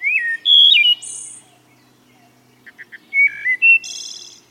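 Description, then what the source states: Wood Thrush song: clear fluting whistled phrases ending in high buzzy trills, two phrases separated by a pause with a few soft short notes between. Songbird weighing about an ounce that may migrate across continents, thousands of miles a year.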